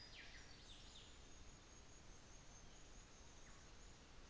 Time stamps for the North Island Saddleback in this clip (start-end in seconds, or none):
none